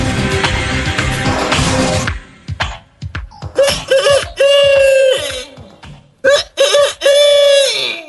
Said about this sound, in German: Acht Uhr früh und es krähte der Hahn. Ein Hahn war es natürlich nicht. Wo gibt's denn heutzutage noch Hähne?